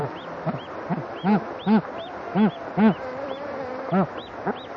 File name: anser indicus